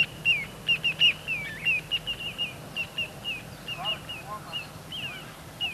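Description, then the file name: Little ringed plover giving a series of short, piping whistles, with a few softer lower notes mid-way. "Corriere Piccolo"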